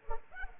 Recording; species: mosquito wingbeat signal from an infrared sensor; Culex pipiens